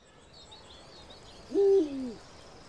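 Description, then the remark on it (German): An owl in a large aviary for nocturnal birds gives one low, hollow hoot that rises slightly and then falls away, standing out clearly over a quiet background with faint, high bird twitters earlier on. “In dieser großen Voliere wohnen unsere nachtaktiven Vögel. Eulen, Uhus und Waldkäuzchen.”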